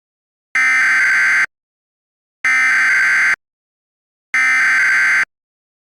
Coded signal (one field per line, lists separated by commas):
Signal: Emergency Alert System (SAME) tones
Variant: header bursts